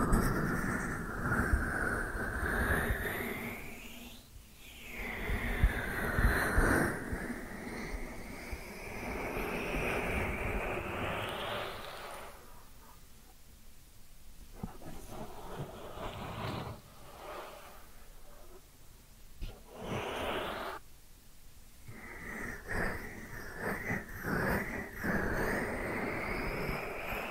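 Ear cleaning sounds with a dense, scratchy rustle that keeps shifting in pitch, sweeping upward in slow glides over the first ten seconds. Later the rubbing thins and breaks into short bursts and pauses, with soft crackly scraping returning near the end.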